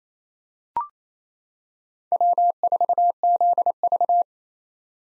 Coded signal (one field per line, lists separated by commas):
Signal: Morse code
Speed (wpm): 28 wpm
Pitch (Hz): 700 Hz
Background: none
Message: W4ZV